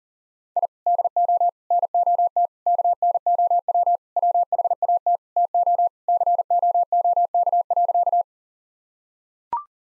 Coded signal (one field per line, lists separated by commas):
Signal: Morse code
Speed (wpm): 37 wpm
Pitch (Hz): 700 Hz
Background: none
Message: I DO NOT KNOW WHAT TO COOK.